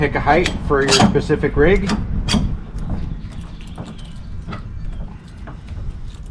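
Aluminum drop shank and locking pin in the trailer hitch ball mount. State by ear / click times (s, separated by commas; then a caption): not seated / none. Someone talks while handling the aluminum drop shank of a trailer hitch ball mount, sliding it into its receiver to set the chosen height before it is locked with its pin. A few short, faint knocks and rattles come through at about 3.6, 4.5 and 5.5 seconds. Nothing has seated or locked yet by the end of the clip.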